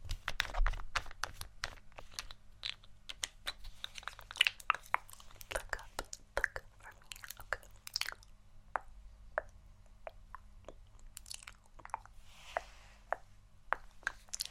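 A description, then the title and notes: Crisp tapping and crinkling sounds come in quick, irregular bursts, with sharp clicks scattered densely through the first half and thinning out later. A soft low hum runs steadily underneath. ASMR Assortment Of Relaxing RED Triggers.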